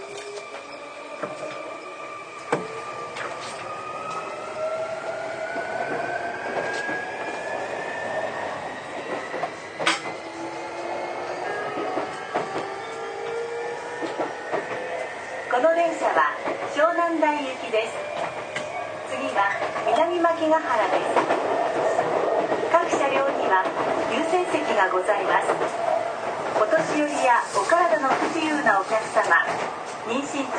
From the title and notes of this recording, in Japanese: 相鉄20000系 横浜ー湘南台。快速に乗車し、録音。